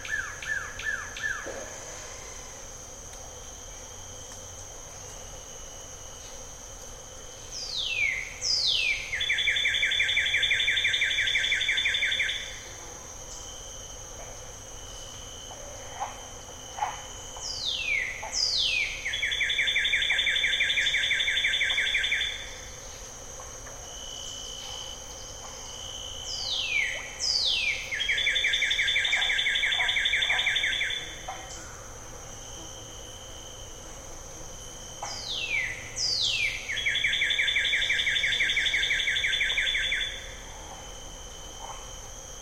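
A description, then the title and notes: An evening chorus of bird-voiced treefrogs calls in bouts about every ten seconds, each opening with quick falling whistles and then a dense run of rapid, bright trills lasting a few seconds. A steady high insect drone and low murmur continue underneath. Jessamine Bayou is a seasonally flooded forest in the heart of America's Amazon, the Mobile-Tensaw River Delta. These recordings are taken from overnight "drop rigs" left at the edge of a tributary surrounded cypress swamp and adjacent to a field of saw palmetto. In the evening a diffuse chorus of bird-voiced treefrogs.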